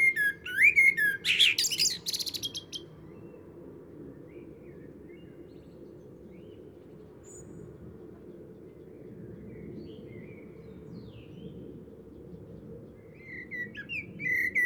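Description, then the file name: Common blackbird song phrase: a warbled opening sliding into scratchy high twitters, then a long stretch of faint background noise with soft notes, before another phrase begins. "Turdus merula"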